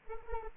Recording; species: mosquito wingbeat signal from an infrared sensor; Anopheles arabiensis